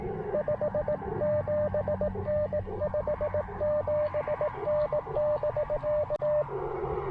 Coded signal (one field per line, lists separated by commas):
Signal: Morse code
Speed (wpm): 17 wpm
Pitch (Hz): 590 Hz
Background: radio noise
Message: 57N 57N <BK>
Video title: Pairing the Icom IC-705 & Elecraft AX1: POTA Portable on the Pamlico Sound!